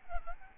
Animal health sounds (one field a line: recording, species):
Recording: mosquito wingbeat signal from an infrared sensor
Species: Aedes albopictus